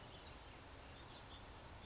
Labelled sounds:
California Towhee (Melozone crissalis)
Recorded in Sonoma County, California

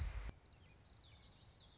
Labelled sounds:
Common Yellowthroat (Geothlypis trichas)
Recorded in Sonoma County, California

